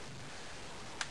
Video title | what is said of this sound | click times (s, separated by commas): GE Refrigerator troubleshooting and repair for iced lines | all right I want to snap that back in you hear the snap and you're all set | 1.0 s